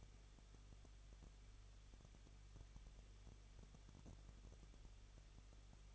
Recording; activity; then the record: daily activity, microphone in the room; no activity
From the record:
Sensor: 4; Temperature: 23.0 degrees Celsius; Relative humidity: 34.1%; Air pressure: 1007.4 hPa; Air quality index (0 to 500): 214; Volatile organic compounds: 14 ppm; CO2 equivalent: 2461 ppm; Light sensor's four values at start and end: 2/3/1/1 and 2/3/1/1